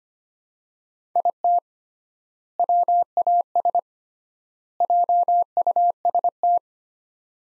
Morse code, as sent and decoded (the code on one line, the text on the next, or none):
.. - / .-- .- ... / .--- ..- ... -
IT WAS JUST